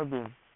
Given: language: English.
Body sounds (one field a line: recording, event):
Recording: throat vibration sensor signal played as sound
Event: speech